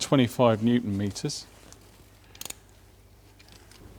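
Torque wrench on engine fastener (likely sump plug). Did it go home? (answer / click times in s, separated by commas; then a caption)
yes / 2.4 s. Someone talks, then an Amazon Basics torque wrench set to 25 Newton meters tightens a metal fastener on a classic car's engine, likely the sump drain plug during an oil change. A short cluster of sharp clicks comes at about 2.4 seconds as the wrench clicks at 25 Nm. This means the fastener is as tight as the book recommends.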